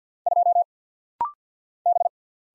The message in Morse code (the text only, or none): 2 B